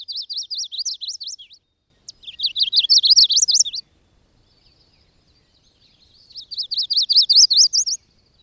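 Chestnut-sided warbler song: three high, rapid phrases of repeated notes, each about one and a half seconds long, separated by pauses.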